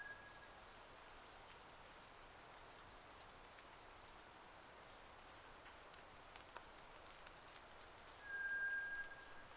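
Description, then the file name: White's thrush song: one high, thin, level whistle, then about four seconds later a lower drawn-out whistle, both pure in tone, amid a constant hiss. Recorded at night, 02:44, on 31 May 2009. "toratugumi-20090531-0244"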